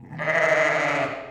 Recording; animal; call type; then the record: contact call of a hoofed animal; sheep; low-frequency (closed-mouth) or high-frequency (open-mouth) call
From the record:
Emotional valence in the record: positive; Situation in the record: reunion with pen mate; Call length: 1.31 s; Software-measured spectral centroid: 1860 Hz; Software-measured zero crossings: 2270 a second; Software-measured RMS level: -23 dBFS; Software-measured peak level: -8 dBFS